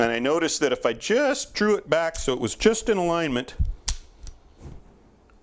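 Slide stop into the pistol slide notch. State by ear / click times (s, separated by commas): seated / 3.9 s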